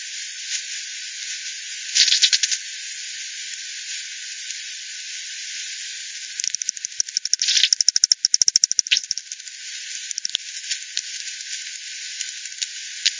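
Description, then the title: Bat clicks come in short bursts, with a fast rattling run of pulses near the middle and scattered ticks between, over constant hiss. "WW bat 20201007 T 18 : 10 Z-Hogsmill-Lane-Hogsmill-River-multiple-bats-FD 10"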